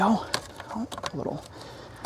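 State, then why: Not seated. A PCV hose quick-connect end is handled at its plastic fitting on the new turbo inlet pipe of a VW Tiguan while someone talks. Short tapping and handling noises are heard, with a brief sharper tap near 2.1 s. Nothing has seated or clicked yet; the clip ends just before the connector goes home.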